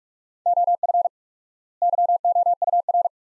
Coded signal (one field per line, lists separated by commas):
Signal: Morse code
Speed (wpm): 45 wpm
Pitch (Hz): 700 Hz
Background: none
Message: OF YOUR